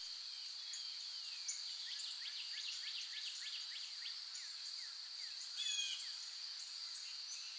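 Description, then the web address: Birdsong chorus of short, sharp descending notes crowding together for a few seconds, set against an unbroken high droning hum. Forest, morning. "sound-effects-bible Forest Morning Birds"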